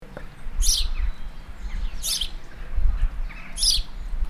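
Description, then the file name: House sparrow giving three sharp chirps spaced about 1.5 seconds apart over a steady low background rumble. "Passer domesticus"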